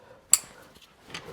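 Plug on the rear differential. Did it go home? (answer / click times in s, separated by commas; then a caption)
yes / 0.3 s. A plug on the rear differential of a 2018–2021 Subaru WRX STI is put back on after a rear differential fluid change. It gives one sharp, bright click at 0.3 s as it seats, followed by a softer, fainter sound around 1.2 s. The plug is seated.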